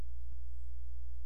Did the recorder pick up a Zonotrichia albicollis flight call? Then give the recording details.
no. No flight call is heard. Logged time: 08:37 on 14 September 2014